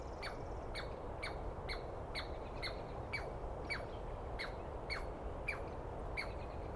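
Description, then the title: Douglas squirrel producing quieter, rasping notes repeated at a steady pace, each falling in pitch, under a steady low rumble. Dawn recording, early morning, 21 April 2017, East Cascades; single squirrel calling at length and screaming; recordist not fully certain of identification, judged by sound. "Interview With The Chipmunk"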